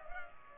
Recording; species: mosquito wingbeat signal from an infrared sensor; Culex pipiens